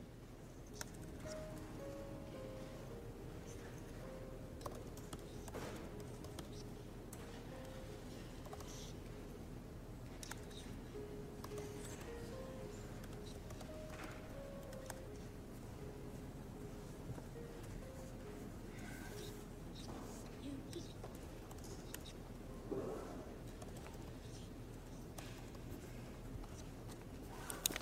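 Inside the Yale library, a steady low hum fills the background while faint murmured voices come and go. Brief soft knocks and rustles appear now and then, and a short rising whine sounds near twenty-three seconds. The overall level stays even throughout.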